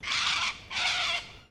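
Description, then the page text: Little corella giving two harsh, screeching calls, each about half a second long, separated by a short gap. Queensland. "BIRD LITTLE CORELLA CALL. Birds in Queensland"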